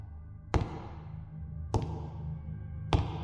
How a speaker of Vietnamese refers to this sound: Vừa rồi có tiếng bước chân của ai khác nữa.